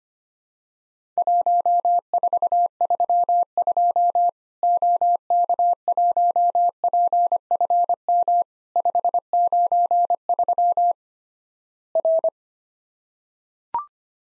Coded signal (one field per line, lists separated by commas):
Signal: Morse code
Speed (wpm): 25 wpm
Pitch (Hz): 700 Hz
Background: none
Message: 1432 OK1PFM 593 R